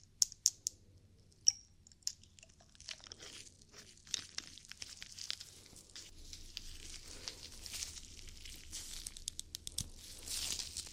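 ASMR ear cleaning: a few sharp clicks and taps in the first seconds, then a steady run of soft crinkling and scratchy rustling that thickens and brightens toward the end. A faint low hum runs underneath throughout.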